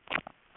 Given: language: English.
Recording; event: throat vibration sensor signal played as sound; swallow